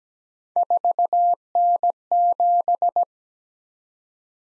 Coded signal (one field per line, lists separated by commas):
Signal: Morse code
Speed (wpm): 17 wpm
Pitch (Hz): 700 Hz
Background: none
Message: 4N7